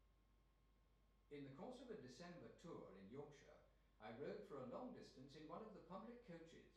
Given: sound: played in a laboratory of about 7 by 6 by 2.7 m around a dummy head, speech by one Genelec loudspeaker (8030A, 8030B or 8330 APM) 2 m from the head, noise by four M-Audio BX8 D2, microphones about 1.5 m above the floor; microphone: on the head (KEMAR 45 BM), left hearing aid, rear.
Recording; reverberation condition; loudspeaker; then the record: male speech in English; medium; 90 degrees to the right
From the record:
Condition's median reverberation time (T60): about 510 ms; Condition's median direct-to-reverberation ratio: about -0.5 dB